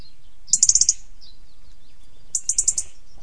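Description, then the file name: European robin calls: two quick rattling bursts of very high ticking notes, each about half a second long, with a faint thin note between them. "Erithacus rubecula"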